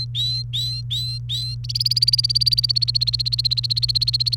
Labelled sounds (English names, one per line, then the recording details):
Domestic Canary song
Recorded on 28 April 2018 at 12:46
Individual llb3